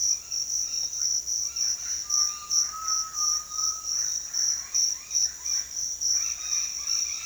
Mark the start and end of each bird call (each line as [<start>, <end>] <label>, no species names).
[0.00, 7.25] bird call